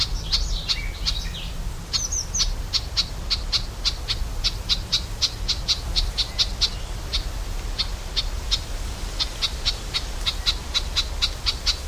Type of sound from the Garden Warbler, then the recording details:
alarm call. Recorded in the wild. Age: adult. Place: Mühlenbecker Teiche, Tegeler Fließ, Berlin, DE. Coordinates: 52.6458, 13.3956. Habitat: pond. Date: 1992-06-21 12:15. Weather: sunny, 19-26 °C, strengthening winds. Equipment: Marantz CP 430, Sennheiser ME 80, Kopie Tesla B 116. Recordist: Tembrock, Günter. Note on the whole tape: Fließteiche bei Mühlenbeck: Erregungslaute (Nestnähe), nicht gesehen